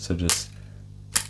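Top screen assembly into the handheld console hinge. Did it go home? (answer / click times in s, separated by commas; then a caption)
yes / 1.2 s. Someone talks briefly, then the replacement top screen assembly of a New 3DS handheld game console, its hinge piece already slid fully in, is pressed down into the hinge. It snaps into place with a sharp click at 1.2 s. The screen is seated.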